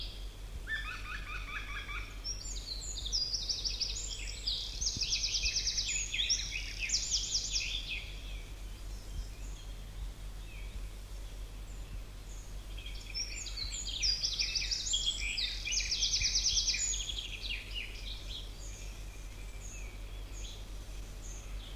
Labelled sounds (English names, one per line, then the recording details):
Eurasian Wren
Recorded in the wild
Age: adult
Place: Marburg, DE
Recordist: Brunner, Thomas